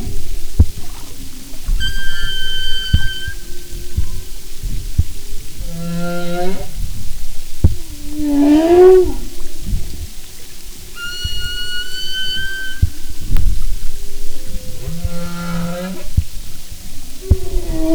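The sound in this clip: Humpback whale song: high steady harmonic tones, buzzy pulsed bursts, a rising moan and low grunts in a repeating sequence.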